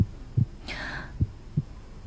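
A steady, low heartbeat, heard with an ear pressed to a man's chest through a white sweater, thuds in paired beats, two double thumps spaced evenly, with a brief soft whooshing rustle sweeping through between them.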